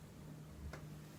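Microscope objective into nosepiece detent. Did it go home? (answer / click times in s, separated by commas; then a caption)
yes / 0.7 s. A microscope nosepiece is rotated back to the first, lowest objective, which clicks into its detent and seats in position. A single short, faint click sounds at 0.7 s over a steady low hum. No one talks.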